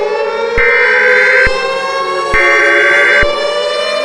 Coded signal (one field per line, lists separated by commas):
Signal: Emergency Alert System (SAME) tones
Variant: header bursts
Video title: EAS Scenario #8: Light's Rampage pt II; The Derailment/The Beginning Of The Best Part